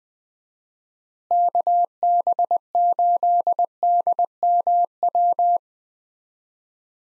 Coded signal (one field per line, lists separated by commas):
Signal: Morse code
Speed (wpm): 20 wpm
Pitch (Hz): 700 Hz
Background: none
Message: KB8DMW